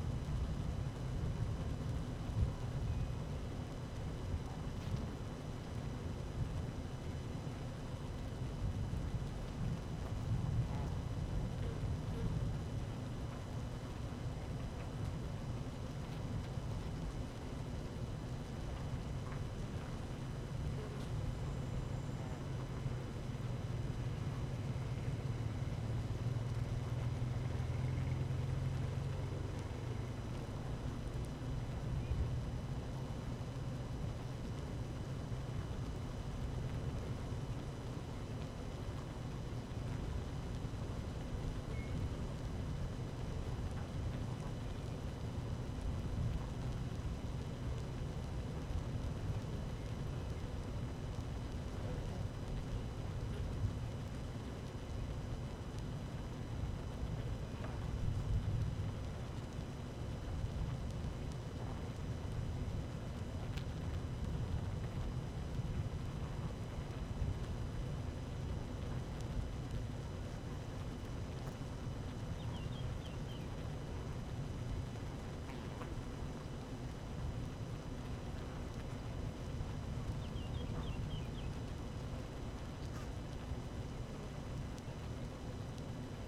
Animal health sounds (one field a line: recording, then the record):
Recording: honeybee colony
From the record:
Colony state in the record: active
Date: 12 June 2018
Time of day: 12:42